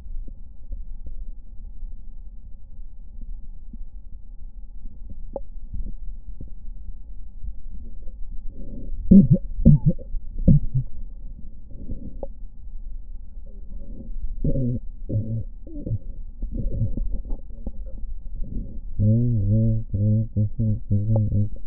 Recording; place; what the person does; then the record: lung sounds by stethoscope; left posterior basal chest; quiet breathing, then cough and speech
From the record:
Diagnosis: none (healthy); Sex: male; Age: 35 years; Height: 186 cm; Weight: 108 kg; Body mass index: 31.2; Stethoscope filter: diaphragm mode